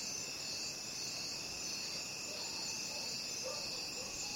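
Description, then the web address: Crickets form a continuous high, shimmering trill, even and unbroken, with faint low rustles in the background. Crickets calling at night. "the-sound-pack-tree -night crickets"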